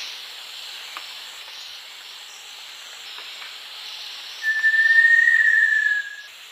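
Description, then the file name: Little tinamou call: a single drawn-out whistle near the end, over a continuous high hiss. Call; eastern lowlands of South America. "Crypturellus soui, call"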